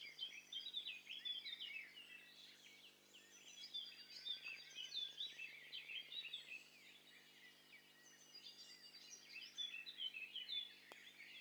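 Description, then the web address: Several birds chirping and twittering at once, quick high notes and trills layered over each other without pause, over a faint constant hum. Mixture of several birds in stereo, from a bird cocktail party challenge test set. "Hi Fi STEREO BIRD COCKTAIL PARTY Challenge SBCP TESTSET HDBird Cocktail Party"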